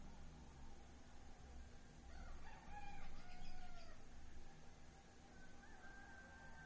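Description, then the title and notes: Rooster crowing once in the middle, a harmonic crow, over a continuous low rumble of wind. Roosters crowing at dawn in the town of Suchiapa, Chiapas, Mexico, on a windy morning. "Amanecer en Suchiapa, Chis. MX. Los gallos"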